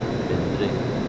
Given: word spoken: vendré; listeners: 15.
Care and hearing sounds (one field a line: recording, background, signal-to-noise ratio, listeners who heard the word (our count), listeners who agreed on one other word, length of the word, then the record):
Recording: one Spanish word in noise, from a listening test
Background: speech-shaped noise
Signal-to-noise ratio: -4.7 dB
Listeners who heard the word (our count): 1 of 15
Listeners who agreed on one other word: 9 of 15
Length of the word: 0.68 s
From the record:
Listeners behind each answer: 9, 1, 1, 1, 1, 1, 1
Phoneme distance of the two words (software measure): 10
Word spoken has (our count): 2 syllables, 6 phonemes, stress on syllable 2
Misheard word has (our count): 2 syllables, 6 phonemes, stress on syllable 2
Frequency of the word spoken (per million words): 0.79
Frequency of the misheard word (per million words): 9.16